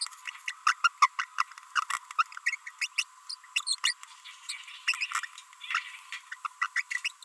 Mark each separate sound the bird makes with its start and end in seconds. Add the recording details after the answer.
0.01-0.07, 0.48-0.51, 0.67-0.73, 0.84-0.88, 1.02-1.07, 1.19-1.24, 1.38-1.43, 1.76-1.84, 1.90-1.97, 2.19-2.23, 2.46-2.55, 2.67-2.69, 2.81-2.86, 2.98-3.03, 3.30-3.34, 3.56-3.61, 3.67-3.75, 3.84-3.92, 4.49-4.55, 4.88-4.95, 5.01-5.05, 5.71-5.79, 6.32-6.34, 6.45-6.46, 6.62-6.66, 6.76-6.81, 6.91-6.99, 7.05-7.08. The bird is a female. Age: 30 days. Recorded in a nest box in Venezuela. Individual 17B42B1